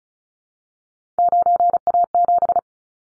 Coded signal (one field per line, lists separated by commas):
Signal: Morse code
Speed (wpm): 36 wpm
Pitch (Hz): 700 Hz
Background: none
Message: 9A7